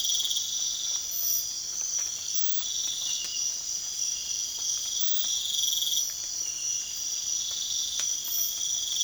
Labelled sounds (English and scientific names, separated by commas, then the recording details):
none
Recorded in pastures near Puerto Asís, Putumayo, Colombia, on 27 June 2025 at 05:00
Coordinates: 0.502, -76.324
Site G010